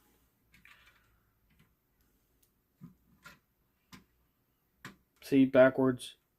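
A screw is turned backwards in the plastic housing boss of a PlayStation 1 console during a controller/memory card module replacement, to find the original thread and avoid stripping it. Faint soft ticks and scrapes are heard while someone talks, with louder speech at the end. The screw is only being handled; nothing has clicked or seated yet.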